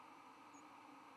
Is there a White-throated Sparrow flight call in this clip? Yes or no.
no